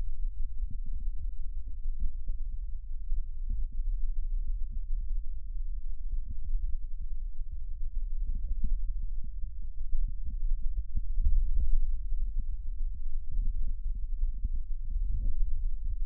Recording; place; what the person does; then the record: lung sounds by stethoscope; right anterior apical chest; quiet breathing, then deep breathing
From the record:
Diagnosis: COPD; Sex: male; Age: 70 years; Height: 174 cm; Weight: 94 kg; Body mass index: 31.0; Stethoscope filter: bell mode